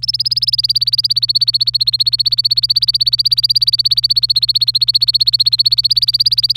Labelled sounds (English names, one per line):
Domestic Canary song